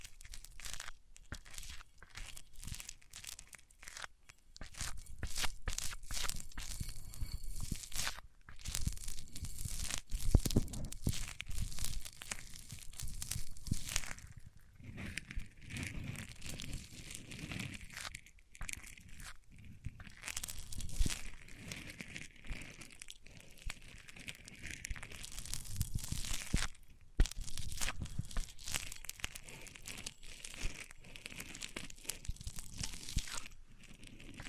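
Microphones are rubbed across different surfaces, producing dense, uneven scraping and crinkling that runs the full length. The texture shifts over time, with sharp crackly bursts early on and a brighter, hissing rasp after about fifteen seconds, plus occasional low bumps.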